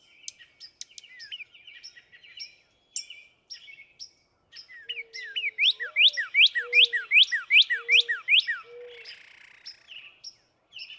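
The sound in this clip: Northern cardinal song: a run of loud, clear slurred whistles repeated about three times a second, preceded by softer high notes, with a few low whistles.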